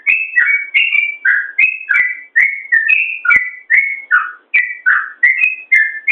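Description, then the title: Yellow-vented bulbul song of brisk, liquid whistles that tumble up and down in a dense, nearly continuous run with a few brief breaks. "Suara Trucukan"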